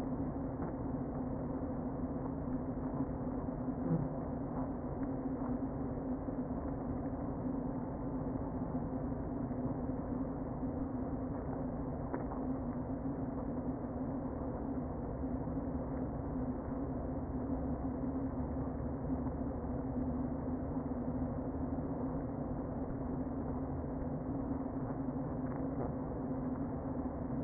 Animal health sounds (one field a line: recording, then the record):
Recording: honeybee colony, microphone inside the hive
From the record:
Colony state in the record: queen present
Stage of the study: before two queens were removed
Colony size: about 60,000 bees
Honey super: yes